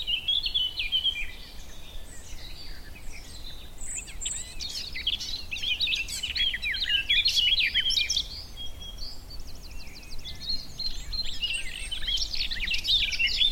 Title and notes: Sound escape 65: be enchanted by the little-known song of the garden warbler. by Fergus Collins